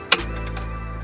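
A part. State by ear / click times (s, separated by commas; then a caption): released / 0.1 s. Pressing the release on a Venicci Tinum Special Edition infant car seat unlocks it from its ISOFIX base with a single sharp click at 0.1 s. A steady low tonal hum continues underneath, with a softer brief sound around 0.6 s. The seat is released and unlocked.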